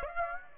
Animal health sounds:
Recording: mosquito wingbeat signal from an infrared sensor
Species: Aedes aegypti

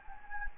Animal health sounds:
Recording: mosquito wingbeat signal from an infrared sensor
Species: Anopheles gambiae

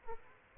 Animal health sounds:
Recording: mosquito wingbeat signal from an infrared sensor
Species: Aedes aegypti

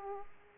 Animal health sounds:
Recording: mosquito wingbeat signal from an infrared sensor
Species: Aedes aegypti

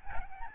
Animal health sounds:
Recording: mosquito wingbeat signal from an infrared sensor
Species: Aedes albopictus

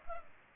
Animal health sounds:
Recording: mosquito wingbeat signal from an infrared sensor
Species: Culex pipiens

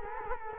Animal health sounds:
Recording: mosquito wingbeat signal from an infrared sensor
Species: Culex quinquefasciatus

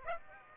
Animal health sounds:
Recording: mosquito wingbeat signal from an infrared sensor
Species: Aedes aegypti

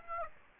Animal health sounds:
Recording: mosquito wingbeat signal from an infrared sensor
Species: Aedes aegypti

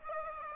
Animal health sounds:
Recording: mosquito wingbeat signal from an infrared sensor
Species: Aedes aegypti

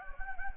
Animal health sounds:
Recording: mosquito wingbeat signal from an infrared sensor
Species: Anopheles gambiae

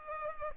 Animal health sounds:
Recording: mosquito wingbeat signal from an infrared sensor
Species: Culex pipiens

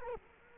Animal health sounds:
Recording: mosquito wingbeat signal from an infrared sensor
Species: Culex quinquefasciatus

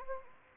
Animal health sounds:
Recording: mosquito wingbeat signal from an infrared sensor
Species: Anopheles arabiensis

